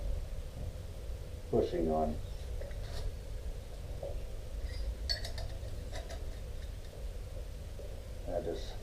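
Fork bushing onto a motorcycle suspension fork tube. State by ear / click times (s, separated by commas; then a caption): not seated / none. A new bushing is handled and fitted onto a WP AER 48 motorcycle suspension fork tube during a rebuild while someone talks, with light metallic clinks and taps near 4.0 and 5.1–5.4 seconds. Nothing has seated or clicked yet; the clip ends before the bushing goes home in its groove.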